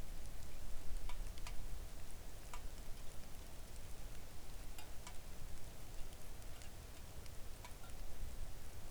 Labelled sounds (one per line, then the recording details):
seabird
rain
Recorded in the Arctic National Wildlife Refuge, Alaska, on 3 August 2019 at 05:45
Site 41